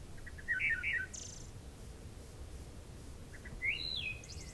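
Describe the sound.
Wood thrush delivering two quick phrases: soft introductory notes, a rolling fluted warble and a thin, high buzzy trill, over low background rumble.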